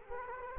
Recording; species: mosquito wingbeat signal from an infrared sensor; Culex quinquefasciatus